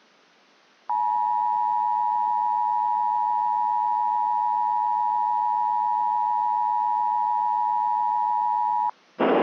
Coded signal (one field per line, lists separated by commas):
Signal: Emergency Alert System (SAME) tones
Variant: 853 and 960 Hz attention tone